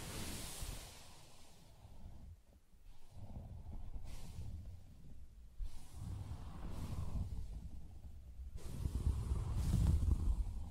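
Soft scratching and rubbing on a fabric surface, a continuous muffled rustle with a low, dull body. Brighter scratchy bursts come at irregular moments, near the start, around 4, 6.5 and 8.5 seconds, and a stronger rub swells toward the end.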